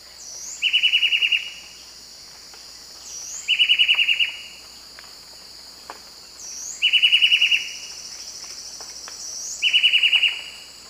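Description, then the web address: White-breasted wood wren singing brief trilled phrases of quick repeated notes, spaced about three seconds apart, with a continuous high-pitched insect buzz behind and faint clicks. Song; South America, eastern lowlands. "Natures Songs S America Eastern Lowlands Henicorhina leucosticta, song"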